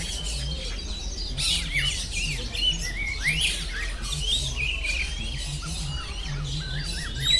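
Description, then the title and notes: Many birds chirp and whistle together, with sharp upslurred notes and scratchy squawks over a low droning hum. Birds singing at the Bird Garden, Mongkok, Hong Kong, 15 February 2008; recorded on AKG condenser microphones in XY stereo. "香港 旺角 雀鳥花園 雀鳥唱歌 (內附有人類語言中的粗囗) Bird Singing in the Bird Garden, Mongkok, Hong Kong Date: 15 February 2008"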